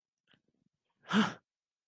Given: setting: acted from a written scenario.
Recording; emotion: vocal sound without words; anger